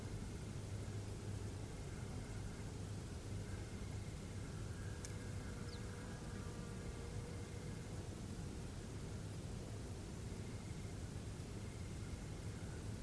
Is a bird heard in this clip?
yes